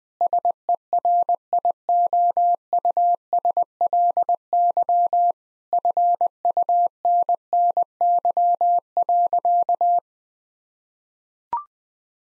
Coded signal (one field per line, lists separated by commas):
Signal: Morse code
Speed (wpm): 20 wpm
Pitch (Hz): 700 Hz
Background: none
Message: SERIOUSLY FUNNY.